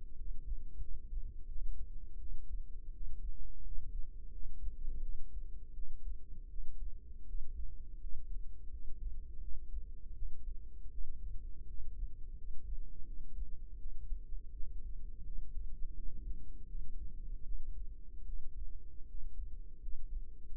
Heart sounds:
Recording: heart sounds by microphone in the right ear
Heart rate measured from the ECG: 83 bpm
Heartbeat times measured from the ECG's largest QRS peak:
0.15 s: heartbeat
0.79 s: heartbeat
1.47 s: heartbeat
2.17 s: heartbeat
2.91 s: heartbeat
3.62 s: heartbeat
4.30 s: heartbeat
5.00 s: heartbeat
5.73 s: heartbeat
6.48 s: heartbeat
7.25 s: heartbeat
7.98 s: heartbeat
8.68 s: heartbeat
9.39 s: heartbeat
10.13 s: heartbeat
10.89 s: heartbeat
11.64 s: heartbeat
12.34 s: heartbeat
13.03 s: heartbeat
13.76 s: heartbeat
14.51 s: heartbeat
15.22 s: heartbeat
15.92 s: heartbeat
16.66 s: heartbeat
17.42 s: heartbeat
18.24 s: heartbeat
19.05 s: heartbeat
19.79 s: heartbeat
20.49 s: heartbeat
From the record:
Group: healthy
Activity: rest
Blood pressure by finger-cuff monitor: 92/56 mmHg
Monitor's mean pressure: 70 mmHg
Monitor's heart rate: 82 bpm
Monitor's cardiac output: 7.6 L/min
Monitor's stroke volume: 91 mL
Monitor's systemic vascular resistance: 650 dyn s/cm5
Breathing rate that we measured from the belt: 15 breaths a minute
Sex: female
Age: 22 years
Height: 161 cm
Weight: 65.5 kg

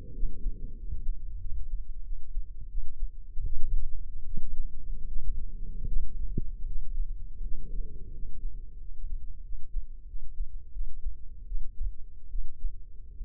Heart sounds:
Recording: heart sounds by microphone in the left ear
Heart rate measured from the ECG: 83 bpm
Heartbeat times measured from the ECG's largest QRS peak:
0.12 s: heartbeat
0.75 s: heartbeat
1.39 s: heartbeat
2.02 s: heartbeat
2.68 s: heartbeat
3.43 s: heartbeat
4.24 s: heartbeat
5.06 s: heartbeat
5.86 s: heartbeat
6.65 s: heartbeat
7.41 s: heartbeat
8.12 s: heartbeat
8.78 s: heartbeat
9.42 s: heartbeat
10.06 s: heartbeat
10.71 s: heartbeat
11.45 s: heartbeat
12.28 s: heartbeat
13.15 s: heartbeat
From the record:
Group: healthy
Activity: cold pressor test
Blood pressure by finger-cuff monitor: 122/90 mmHg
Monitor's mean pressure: 103 mmHg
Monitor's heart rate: 83 bpm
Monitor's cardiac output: 5.8 L/min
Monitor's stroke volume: 67 mL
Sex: male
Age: 35 years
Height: 178 cm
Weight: 64 kg

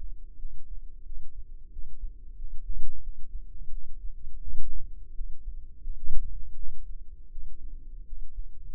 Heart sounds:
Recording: heart sounds by microphone in the left ear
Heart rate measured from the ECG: 86 bpm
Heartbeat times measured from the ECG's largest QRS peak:
0.37 s: heartbeat
1.04 s: heartbeat
1.70 s: heartbeat
2.36 s: heartbeat
3.01 s: heartbeat
3.70 s: heartbeat
4.41 s: heartbeat
5.13 s: heartbeat
5.82 s: heartbeat
6.55 s: heartbeat
7.30 s: heartbeat
8.04 s: heartbeat
8.73 s: heartbeat
From the record:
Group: healthy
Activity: rest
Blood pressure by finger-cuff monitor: 76/52 mmHg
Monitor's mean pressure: 61 mmHg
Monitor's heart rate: 83 bpm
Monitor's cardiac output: 6.8 L/min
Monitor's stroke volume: 80 mL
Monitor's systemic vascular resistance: 630 dyn s/cm5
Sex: female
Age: 19 years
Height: 163 cm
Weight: 48.9 kg

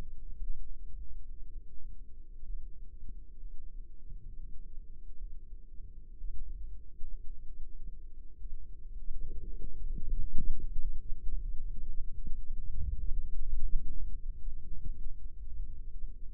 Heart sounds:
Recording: heart sounds by microphone in the left ear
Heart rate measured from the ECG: 58 bpm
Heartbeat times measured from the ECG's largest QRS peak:
0.39 s: heartbeat
1.50 s: heartbeat
2.44 s: heartbeat
3.39 s: heartbeat
4.36 s: heartbeat
5.16 s: heartbeat
6.19 s: heartbeat
7.44 s: heartbeat
8.36 s: heartbeat
9.41 s: heartbeat
10.56 s: heartbeat
11.60 s: heartbeat
12.78 s: heartbeat
13.81 s: heartbeat
14.85 s: heartbeat
15.90 s: heartbeat
From the record:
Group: healthy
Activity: cold pressor test 0-9 s, rest 9-16 s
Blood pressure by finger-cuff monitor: 109/67 mmHg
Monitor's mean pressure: 84 mmHg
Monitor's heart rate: 58 bpm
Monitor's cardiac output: 5.2 L/min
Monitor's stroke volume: 92 mL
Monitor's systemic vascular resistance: 1160 dyn s/cm5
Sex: female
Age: 28 years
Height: 170 cm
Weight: 77 kg

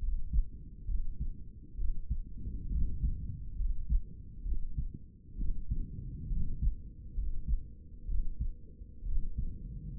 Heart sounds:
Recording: heart sounds by stethoscope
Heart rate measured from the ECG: 66 bpm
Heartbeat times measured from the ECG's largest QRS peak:
0.03 s: heartbeat
0.89 s: heartbeat
1.79 s: heartbeat
2.72 s: heartbeat
3.60 s: heartbeat
4.46 s: heartbeat
5.39 s: heartbeat
6.31 s: heartbeat
7.17 s: heartbeat
8.09 s: heartbeat
9.07 s: heartbeat
From the record:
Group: healthy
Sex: male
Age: 30 years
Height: 188 cm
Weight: 110.2 kg

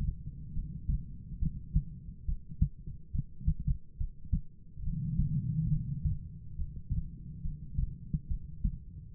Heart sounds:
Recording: heart sounds by stethoscope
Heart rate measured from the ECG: 70 bpm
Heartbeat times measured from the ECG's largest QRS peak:
0.54 s: heartbeat
1.40 s: heartbeat
2.26 s: heartbeat
3.12 s: heartbeat
3.97 s: heartbeat
4.84 s: heartbeat
5.70 s: heartbeat
6.56 s: heartbeat
7.42 s: heartbeat
8.28 s: heartbeat
9.14 s: heartbeat
From the record:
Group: heart failure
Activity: rest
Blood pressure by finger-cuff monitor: 83/54 mmHg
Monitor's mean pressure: 66 mmHg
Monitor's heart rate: 70 bpm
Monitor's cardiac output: 4.9 L/min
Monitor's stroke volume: 70 mL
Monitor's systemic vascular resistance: 960 dyn s/cm5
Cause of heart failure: non-ischemic cardiomyopathy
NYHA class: 1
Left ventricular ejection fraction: 42%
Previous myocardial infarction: absent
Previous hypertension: absent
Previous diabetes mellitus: absent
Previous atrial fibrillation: absent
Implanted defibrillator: present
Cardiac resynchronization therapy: absent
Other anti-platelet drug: absent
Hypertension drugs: sacubitril-valsartan, spironolactone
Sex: female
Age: 39 years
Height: 162 cm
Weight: 67.9 kg

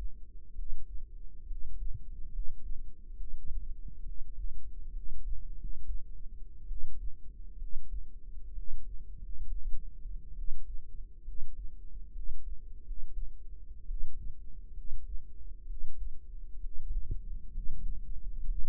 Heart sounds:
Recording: heart sounds by microphone in the right ear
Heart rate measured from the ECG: 67 bpm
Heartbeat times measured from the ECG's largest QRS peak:
0.52 s: heartbeat
1.44 s: heartbeat
2.28 s: heartbeat
3.14 s: heartbeat
4.01 s: heartbeat
4.90 s: heartbeat
5.54 s: heartbeat
6.65 s: heartbeat
7.55 s: heartbeat
8.51 s: heartbeat
9.15 s: heartbeat
10.32 s: heartbeat
11.21 s: heartbeat
12.10 s: heartbeat
12.81 s: heartbeat
13.84 s: heartbeat
14.71 s: heartbeat
15.64 s: heartbeat
16.58 s: heartbeat
17.48 s: heartbeat
18.44 s: heartbeat
From the record:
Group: healthy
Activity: rest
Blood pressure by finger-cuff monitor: 112/69 mmHg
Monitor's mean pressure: 81 mmHg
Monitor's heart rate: 66 bpm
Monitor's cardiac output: 5.4 L/min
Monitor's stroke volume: 79 mL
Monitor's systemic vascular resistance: 1050 dyn s/cm5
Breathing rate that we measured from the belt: 16 breaths a minute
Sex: female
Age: 22 years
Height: 171 cm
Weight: 65.6 kg

